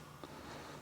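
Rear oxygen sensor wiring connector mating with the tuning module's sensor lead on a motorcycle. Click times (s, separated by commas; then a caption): 0.2 s. On a 2002–2007 touring motorcycle, the rear O2 sensor lead from a ThunderMax auto-tune tuning module is pushed into the matching plastic connector on the rear oxygen sensor lead sticking out of the frame. A single short, sharp click is heard at 0.2 s over a steady low background hum, and the connector is seated.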